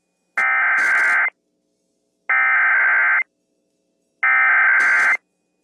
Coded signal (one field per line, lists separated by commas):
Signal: Emergency Alert System (SAME) tones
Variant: header bursts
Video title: 50 States, 50 Alerts II (2K Subscriber Special)